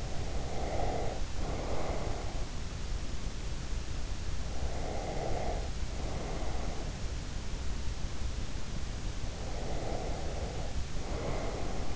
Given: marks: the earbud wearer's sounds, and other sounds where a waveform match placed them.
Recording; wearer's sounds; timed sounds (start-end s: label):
sounds in sleep by an in-ear microphone; breath
0.00-2.37 s: breath
4.71-6.91 s: breath
9.56-11.95 s: breath